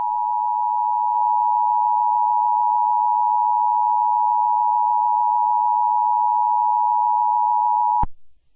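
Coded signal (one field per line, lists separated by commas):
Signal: Emergency Alert System (SAME) tones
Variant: 853 and 960 Hz attention tone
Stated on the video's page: Valid Emergency Alert System tones in an animated film.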